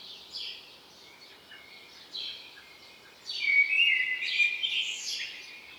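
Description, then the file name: Common blackbird song: faint high chirps at first, then a louder, longer twittering phrase from about three seconds on, over a steady background hiss. "Turdus merula"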